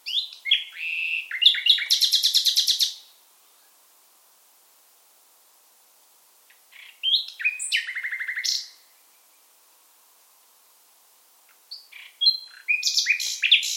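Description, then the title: Common nightingale song in three bursts separated by silences, each mixing whistled notes and sharp chirps, the first two with a fast rattling buzzy trill. Singing in full voice; species migrates from Africa. "LS REVISITED - NIGHTINGALE IN FULL VOICE"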